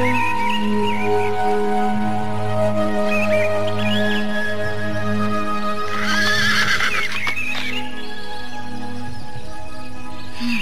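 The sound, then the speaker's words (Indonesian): A horse in a palace courtyard whinnies with a long, wavering high-pitched neigh over a steady stretch of hoofbeats clip-clopping, with a low droning tone underneath and no talking. “Kelihatannya kuda ini bisa kupakai.”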